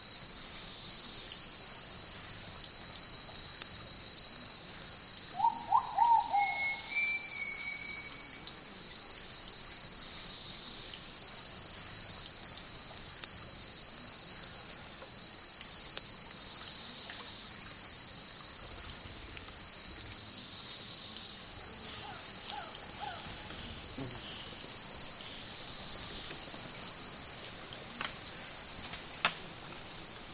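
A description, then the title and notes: A hot afternoon in the Amazon rainforest, filled with a steady, dense wall of high, shrill insect and cricket buzzing that never lets up. Around six seconds a brief cluster of bird calls rises, with a few faint chirps and clicks scattered later. Hot Afternoon In The Amazon. Slow soundscapes from the Amazon rainforest.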